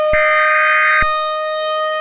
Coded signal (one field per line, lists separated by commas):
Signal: Emergency Alert System (SAME) tones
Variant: header bursts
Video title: EAS Scenario #9: Dinosaur Resurrection